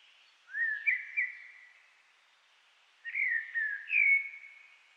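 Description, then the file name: Common blackbird giving two whistled song phrases separated by a pause. "Turdus merula"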